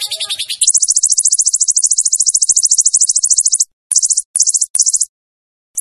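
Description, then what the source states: White-rumped shama song opening with brief varied chatter, then a sustained, very high buzzy trill that cuts off and resumes in short bursts. Song-training track of a champion white-rumped shama.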